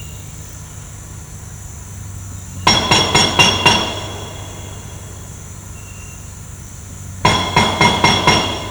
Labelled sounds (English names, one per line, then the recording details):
none
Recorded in pastures near Puerto Asís, Putumayo, Colombia, on 18 December 2024 at 08:30
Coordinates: 0.466, -76.322
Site G040